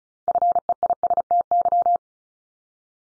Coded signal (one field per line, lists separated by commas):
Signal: Morse code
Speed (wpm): 36 wpm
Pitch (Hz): 700 Hz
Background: none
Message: FEISTY